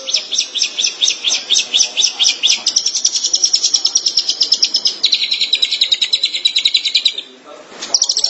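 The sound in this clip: Shrike chattering in fast, high, repeated notes, becoming a denser buzzy run midway, a short gap near seven seconds before it resumes.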